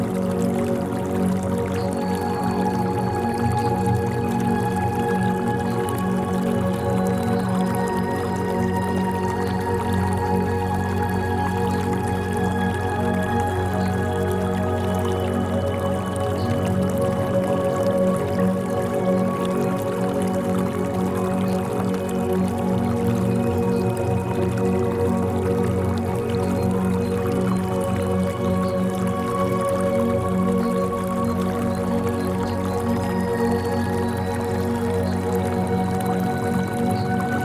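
Running water blends with a steady bed of low, sustained droning tones, dense and unchanging throughout, with soft dripping textures woven in.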